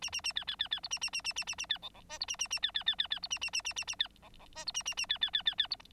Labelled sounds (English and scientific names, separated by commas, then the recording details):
Bengalese Finch (Lonchura striata domestica) song
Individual Bird9